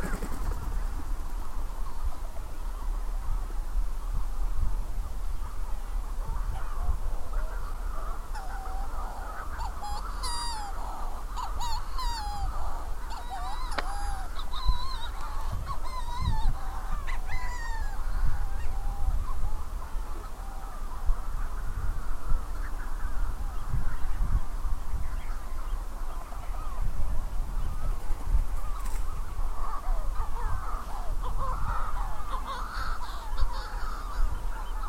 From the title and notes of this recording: Counting Manx Shearwaters on Skomer Island, Wales, in June 2018.